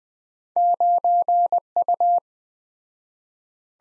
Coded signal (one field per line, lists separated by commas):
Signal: Morse code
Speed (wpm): 20 wpm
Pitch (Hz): 700 Hz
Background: none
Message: 9U